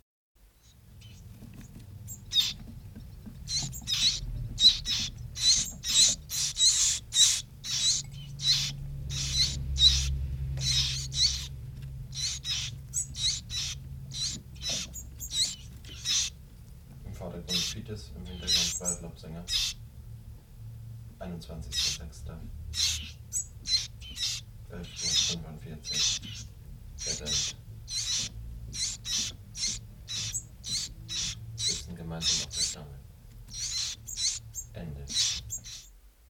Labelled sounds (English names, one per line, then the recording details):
Willow Warbler call
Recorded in captivity
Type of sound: call
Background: Phylloscopus sibilatrix
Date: 1966-06-21 11:45
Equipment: Nagra III BH, Sennheiser MD 21
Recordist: Schubert, Michael
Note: 14-tägige Fitisse betteln dicht beieinander sitzend auf der Stange, heute ausgeflogen, im Vordergrund Fitis, im Hintergrund Waldlaubsänger